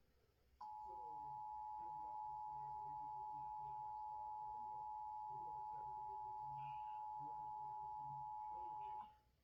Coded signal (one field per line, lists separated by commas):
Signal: Emergency Alert System (SAME) tones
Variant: 853 and 960 Hz attention tone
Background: speech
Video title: old Illinois eas test vs new Illinois eas test verdict in 4k.